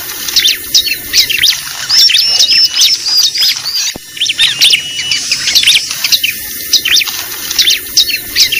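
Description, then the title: Lovebird calls: high squeaky chirps and scratchy twitters in rapid runs, a short break near the middle. Lure recording used for attracting lovebirds (pikat). "PIKAT BURUNG LOVEBIRD"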